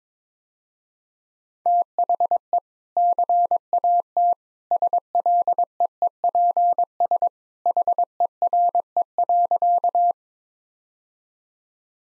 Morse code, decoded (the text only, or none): THE CAT SLEEPS HERE.